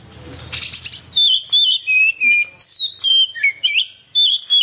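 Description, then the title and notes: Oriental magpie-robin song opens after a short burst of rustling noise, then rapid whistled phrases with up-slurred and down-slurred notes follow one after another. "suara kacer. kumpulan suara burung kacer"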